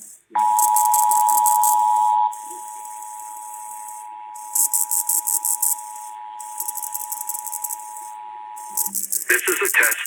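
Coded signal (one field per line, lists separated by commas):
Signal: Emergency Alert System (SAME) tones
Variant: 853 and 960 Hz attention tone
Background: speech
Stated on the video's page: EAS test tones from April 2023.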